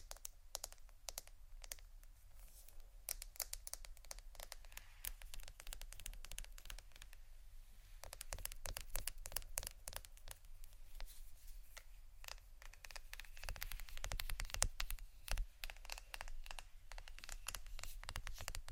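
Crystals, prisms and quartz pieces give a dense, irregular run of sharp, bright clicks and crackles throughout. The ticking thins briefly near seven seconds, then grows busier and louder from about thirteen seconds, over a faint low, steady rumble.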